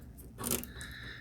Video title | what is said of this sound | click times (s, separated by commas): Step-by-Step Guide To Building A Gaming PC in 2020 with Ryzen | flip that around and we give that a nice push until you hear a click and same | 0.5 s